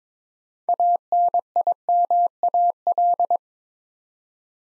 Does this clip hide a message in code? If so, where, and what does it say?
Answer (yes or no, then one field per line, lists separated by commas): yes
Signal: Morse code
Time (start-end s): 0.7-3.4 s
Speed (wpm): 22 wpm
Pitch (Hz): 700 Hz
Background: none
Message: ANIMAL